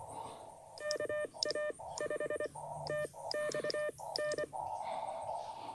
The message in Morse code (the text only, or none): KA5TXN